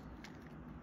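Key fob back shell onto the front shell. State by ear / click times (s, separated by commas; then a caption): not seated / none. The back half of a plastic Toyota key fob shell is pressed onto the front half, which holds the circuit board and a new coin battery. Only low, steady handling noise is heard, with faint brief rustles around 0.2 s and 0.8 s. Nothing has clicked or seated yet.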